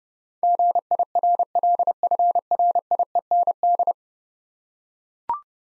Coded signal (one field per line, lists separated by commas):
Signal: Morse code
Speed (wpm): 30 wpm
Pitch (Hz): 700 Hz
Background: none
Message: GIRLFRIEND